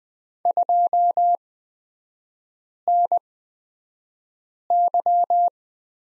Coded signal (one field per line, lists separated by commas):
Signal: Morse code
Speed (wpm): 20 wpm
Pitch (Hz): 700 Hz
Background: none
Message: 2NY